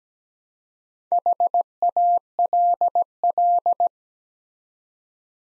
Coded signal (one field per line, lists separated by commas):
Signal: Morse code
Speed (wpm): 17 wpm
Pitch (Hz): 700 Hz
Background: none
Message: HALL